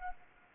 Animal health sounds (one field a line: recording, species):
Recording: mosquito wingbeat signal from an infrared sensor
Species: Anopheles arabiensis